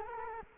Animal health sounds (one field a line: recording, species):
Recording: mosquito wingbeat signal from an infrared sensor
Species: Culex quinquefasciatus